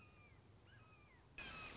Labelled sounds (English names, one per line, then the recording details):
Red-shouldered Hawk
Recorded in Sonoma County, California